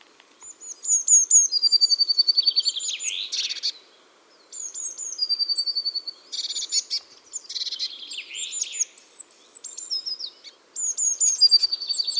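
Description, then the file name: Eurasian blue tit giving sharp, high chips running into fast trills, in several bursts broken by short quiet pauses. "Cyanistes caeruleus"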